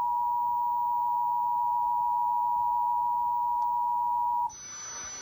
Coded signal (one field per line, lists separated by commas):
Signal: Emergency Alert System (SAME) tones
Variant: 853 and 960 Hz attention tone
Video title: EAS Capture #44-50 - Monthlies, monthlies, and more monthlies.